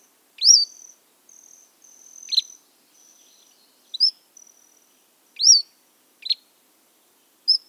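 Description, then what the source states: Cordilleran Flycatcher song: a sweet rising slurred note, a lower note and a sharp higher note, given twice. Song has three phrases in mixable order: first sweet, second notably lower and raspier, third incisive and higher in pitch.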